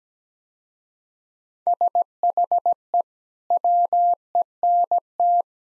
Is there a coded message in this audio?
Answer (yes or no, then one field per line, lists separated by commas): yes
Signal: Morse code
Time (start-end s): 1.7-5.4 s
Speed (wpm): 17 wpm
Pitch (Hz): 700 Hz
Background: none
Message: SHE WENT